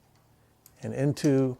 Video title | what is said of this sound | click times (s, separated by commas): 1998-2005 Mercedes-Benz ML Windshield Wiper Blade Replacement (W163) | the arm assembly should click into place and lock like that | 0.7 s